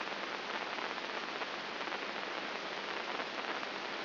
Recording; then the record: brain microelectrode recording played as sound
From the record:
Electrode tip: inside the subthalamic nucleus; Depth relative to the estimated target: -2 mm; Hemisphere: left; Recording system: AlphaMap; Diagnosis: Parkinson's disease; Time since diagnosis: 7 years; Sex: female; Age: 55 years